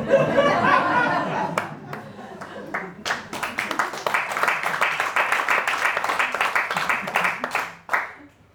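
An audience laughs for a few seconds, then breaks into loud, steady applause with dense rapid clapping that carries on for about five seconds before fading out.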